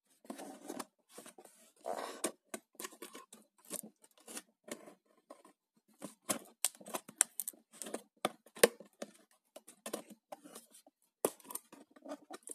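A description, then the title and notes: Cardboard being handled: sharp crisp snaps, scrapes and rustles arrive in quick irregular bursts throughout. Brief silent gaps separate the clusters, and a few louder cracks stand out near the middle and end. ASMR - Cardboard box sounds.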